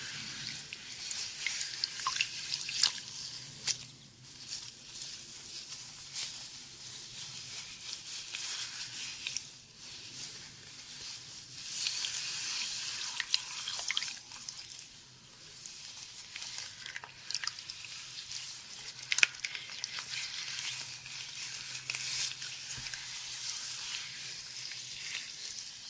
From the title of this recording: First Person Head Spa Hair Wash, Brushing, Oil Ear Massage, Steam Mask